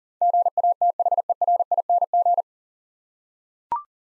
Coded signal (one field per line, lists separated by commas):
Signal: Morse code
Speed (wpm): 38 wpm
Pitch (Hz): 700 Hz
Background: none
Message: GATHERING